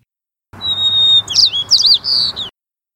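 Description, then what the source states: White-crowned sparrow song: a clear, steady opening whistle followed by a rapid jumble of swooping, buzzy notes, over a low background hum. Called the cheerleader of spring; arrives in the Pacific Northwest as the varied thrush departs.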